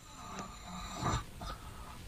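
An older woman, a grandmother, asleep makes loud, rough, low snorting bursts, heavy snoring that goes beyond ordinary snoring.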